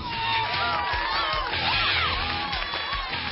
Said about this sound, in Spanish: Y este aplauso va dirigido para ustedes.